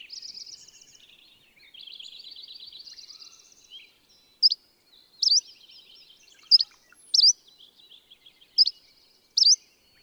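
Bird song opening with long buzzy twittering trills, then a series of six loud sharp high chirps, with softer twitters between them.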